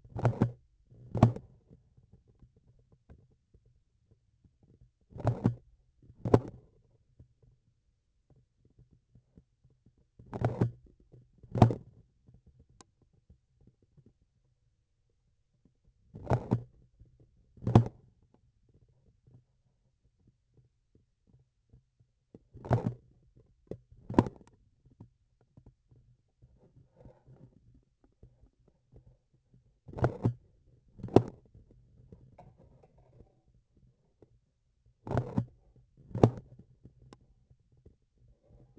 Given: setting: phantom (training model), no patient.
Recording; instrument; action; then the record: laparoscopic instrument, vibration sensor on the handle end; grasping forceps; opening and closing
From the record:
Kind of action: tool actuation without material contact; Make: other than Olympus